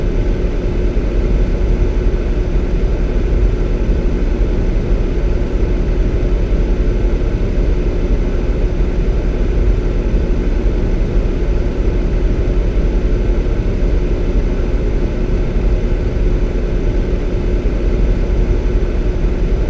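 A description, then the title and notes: A fan runs without interruption, producing a dense, even whoosh of noise weighted toward the low end. A steady hum tone sits underneath, and nothing changes across the twenty seconds: no pauses, swells or separate events. Uninterrupted fan white noise. The consistent and steady sound of a fan.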